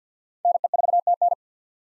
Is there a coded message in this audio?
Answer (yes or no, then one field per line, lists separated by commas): yes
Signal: Morse code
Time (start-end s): 0.5-1.3 s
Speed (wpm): 50 wpm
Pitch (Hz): 700 Hz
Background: none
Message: NE4TN